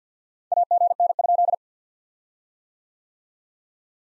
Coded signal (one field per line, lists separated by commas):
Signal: Morse code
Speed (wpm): 47 wpm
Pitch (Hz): 700 Hz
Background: none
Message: AGN?